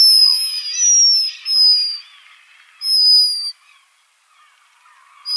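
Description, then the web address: Black guillemot uttering several drawn-out, piercing high whistles with short gaps, then a quieter pause before another whistle begins. "Black Guillemot song"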